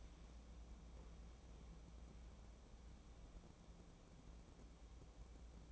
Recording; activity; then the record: daily activity, microphone in the room; wipe stove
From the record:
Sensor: 1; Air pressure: 1012.3 hPa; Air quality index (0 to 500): 158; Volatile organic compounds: 2 ppm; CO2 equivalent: 1298 ppm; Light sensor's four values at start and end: 635/1421/644/742 and 633/1419/643/741